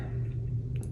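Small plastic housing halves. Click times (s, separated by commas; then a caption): 0.8 s. The second half of a hop-up chamber on a VFC MP5 GBB V2 airsoft gun is pressed over the bucking and inner barrel onto the other half. Over a steady low hum, two short snaps land at 0.8 s and 0.8 s as the chamber halves click together and seat.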